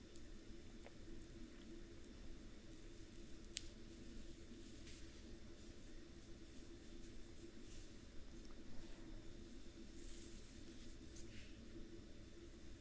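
Soft brushing and scratching over a steady low rumble, with a sharp tick near 3.5 seconds and brighter swishes around 10 seconds.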